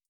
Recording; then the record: hydrophone in a shrimp aquaculture tank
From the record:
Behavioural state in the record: starved